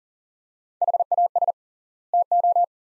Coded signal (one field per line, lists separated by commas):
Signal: Morse code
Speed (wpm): 38 wpm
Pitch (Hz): 700 Hz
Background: none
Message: HAS TO